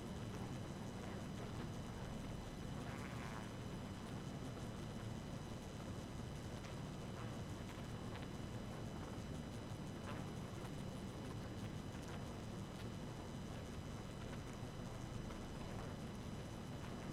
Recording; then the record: honeybee colony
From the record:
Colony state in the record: active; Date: 12 June 2018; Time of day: 1:51